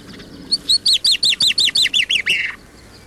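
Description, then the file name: Common chaffinch singing a fast series of about ten crisp downslurred notes, ending with a longer, slightly lower note before silence. "chaffinch record from Thorpe"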